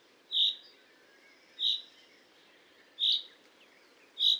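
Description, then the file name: Common chaffinch giving short, bright, emphatic single notes, four in total, spaced roughly every one and a quarter seconds over a soft hiss of background sound. "Fringilla coelebs"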